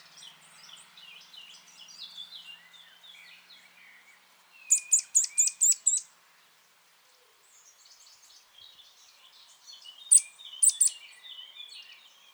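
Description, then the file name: Eurasian nuthatch calls, one rapid burst of about six sharp high notes, then a shorter group of three later, over continuous faint twittering of other birds. "Sitta europaea"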